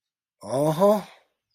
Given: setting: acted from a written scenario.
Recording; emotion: vocal sound without words; pride